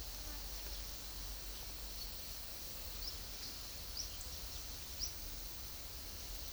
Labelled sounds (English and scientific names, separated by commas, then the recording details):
none
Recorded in secondary vegetation near Puerto Asís, Putumayo, Colombia, on 20 February 2024 at 11:30
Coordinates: 0.500, -76.326
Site G6428